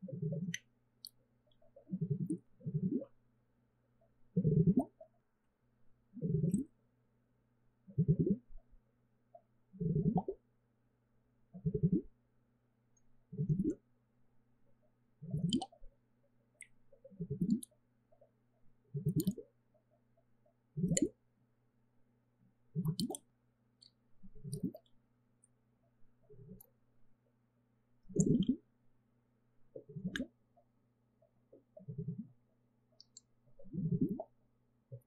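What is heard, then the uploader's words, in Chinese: Water gurgles in regular low bubbling pulses about every two seconds, each a short glug over a faint steady hum, with occasional tiny clicks. 水聲咕嚕咕嚕 | Relaxing Water Sounds | NoTalking。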